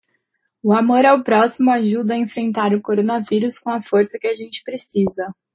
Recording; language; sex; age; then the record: spoken sentence; Brazilian Portuguese; female; 20 to 29 years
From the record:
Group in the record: control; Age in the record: 22 years